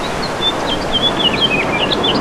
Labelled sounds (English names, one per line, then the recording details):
House Finch song
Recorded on Long Island, New York, on 2 June 2012
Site CP
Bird D